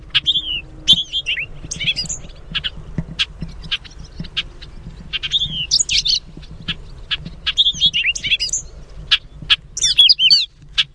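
Bobolink song, bubbly tinkling jumbled phrases in several bursts, mixed with many short sharp call notes repeated throughout.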